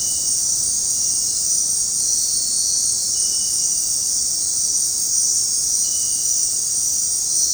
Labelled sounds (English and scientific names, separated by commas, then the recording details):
none
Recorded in dense forest near Puerto Asís, Putumayo, Colombia, on 19 February 2024 at 20:00
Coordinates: 0.503, -76.322
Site G6418